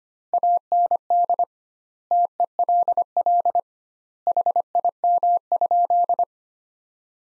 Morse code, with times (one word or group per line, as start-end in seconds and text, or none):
0.3-1.4 AND
2.1-3.6 TELL
4.3-6.2 HIM?